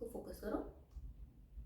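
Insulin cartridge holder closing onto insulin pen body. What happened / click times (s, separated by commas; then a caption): The plastic cartridge holder is being handled but has not clicked shut yet / none. An insulin cartridge holder, with the cartridge loaded, is handled while being closed onto the insulin pen body. Someone talks over low background noise. The holder has not yet clicked shut or seated; a click would show the cartridge is properly in place.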